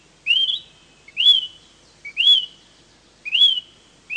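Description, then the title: Smoke-colored pewee giving bright whistles that sweep upward and flatten, delivered at about one-second intervals, with a brief faint note before some of them. Subspecies zarumae. "LuckyPassaro Completos2Sama. Smoke-colored Pewee (Contopus fumigatus zarumae)"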